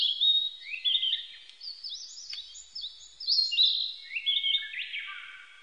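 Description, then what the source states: Narcissus flycatcher delivering dense, varied song of high whistled notes and sweeping, dropping phrases, nearly without pause. Recorded on 25 April 1998.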